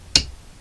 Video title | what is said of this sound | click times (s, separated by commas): Jones Family CS model E - winding the bobbin | and it just pops off and then all you need to do is just | 0.2 s